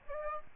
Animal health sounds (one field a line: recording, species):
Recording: mosquito wingbeat signal from an infrared sensor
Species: Aedes aegypti